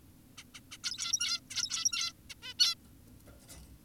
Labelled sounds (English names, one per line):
Zebra Finch